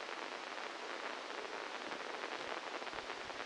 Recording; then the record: brain microelectrode recording played as sound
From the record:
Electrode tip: inside the subthalamic nucleus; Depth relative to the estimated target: -1 mm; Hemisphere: left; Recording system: NeuroSet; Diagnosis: Parkinson's disease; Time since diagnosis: 12 years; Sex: male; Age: 61 years